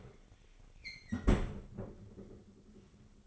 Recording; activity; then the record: daily activity, microphone in the room; close fridge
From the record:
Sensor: 4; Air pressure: 996.0 hPa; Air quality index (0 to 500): 63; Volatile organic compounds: 2 ppm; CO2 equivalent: 1119 ppm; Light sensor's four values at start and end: 14/37/14/16 and 16/42/16/18